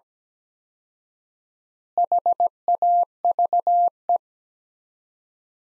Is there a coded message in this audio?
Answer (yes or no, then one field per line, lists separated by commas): yes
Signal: Morse code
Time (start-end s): 2.0-4.2 s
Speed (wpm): 17 wpm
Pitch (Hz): 700 Hz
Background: none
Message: HAVE